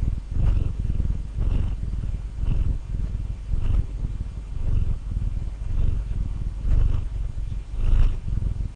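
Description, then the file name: Domestic cat giving a loud, low rumbling purr, rising and falling with its breathing roughly once per second, with no other sounds. "Purring Domestic Cat Turbo"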